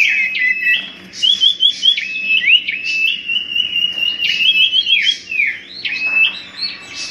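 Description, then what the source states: Common iora song: a short trill, then clear steady whistles linked by quick rising and falling notes, fairly continuous. Whistled song used as a lure sound for bird catching.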